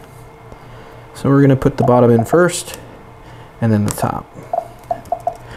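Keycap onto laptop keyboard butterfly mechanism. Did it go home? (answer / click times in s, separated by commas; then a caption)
yes / 4.9 s, 5.1 s, 5.3 s. A replacement plastic keycap is fitted onto the butterfly clips of a 2018 MacBook Pro butterfly keyboard, with its bottom edge hooked in first and then the top pressed down. Someone talks, followed by a faint click at 4.6 s and sharper clicks at 4.9, 5.1 and 5.3 s. The keycap seats with a clean click.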